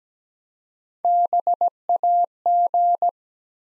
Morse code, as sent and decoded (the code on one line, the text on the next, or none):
-... .- --.
BAG